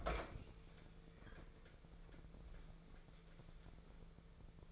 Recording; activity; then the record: daily activity, microphone in the room; open fridge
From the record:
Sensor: 5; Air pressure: 1015.0 hPa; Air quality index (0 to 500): 184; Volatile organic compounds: 7 ppm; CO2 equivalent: 2012 ppm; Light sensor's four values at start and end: 89/206/90/100 and 93/213/94/105